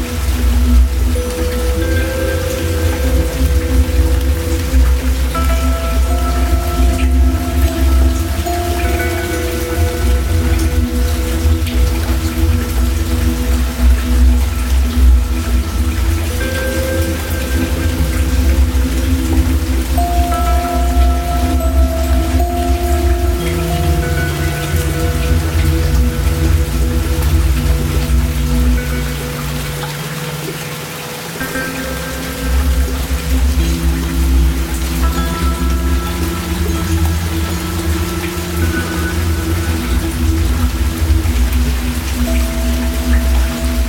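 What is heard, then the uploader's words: Heavy rain pours steadily, a dense, constant hiss over a deep low rumble. Sustained, slowly shifting tones hum along underneath throughout. Around thirty seconds the low rumble briefly drops away before the full sound returns. Heavy rain in guntown by Pong Wolfgun.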